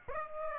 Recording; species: mosquito wingbeat signal from an infrared sensor; Aedes aegypti